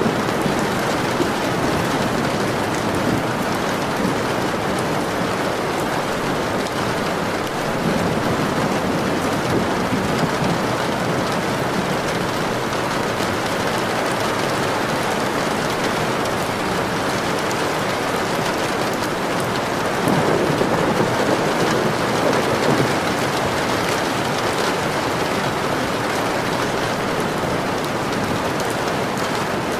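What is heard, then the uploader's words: Rain falls steadily and heavily throughout, a dense, even hiss of drops striking surfaces with no pauses. The level holds constant, with a slight swell around twenty seconds, and a faint low rumble sits beneath the downpour. Thunder Rain.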